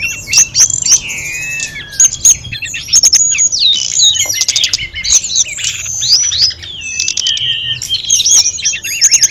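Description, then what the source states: Sunda robins chorusing, high whistled phrases, downward slides and scratchy chatter overlapping, punctuated by sharp clicks. Five birds singing together.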